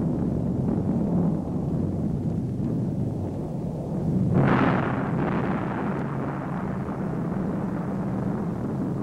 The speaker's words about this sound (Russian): Над полем битвы стелится черный дым. Небо красное от взрывов.